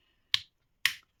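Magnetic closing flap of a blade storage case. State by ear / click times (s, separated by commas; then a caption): seated / 0.3 s, 0.9 s. The magnetic closing flap on the plastic blade storage case of a Dspiae PT-C circular cutter, which holds up to three blades, is shut so its magnet and metal piece snap together. Two sharp, bright snaps ring out at 0.3 s and 0.9 s, each fading quickly into near silence. The lid clicks into place and is confirmed seated.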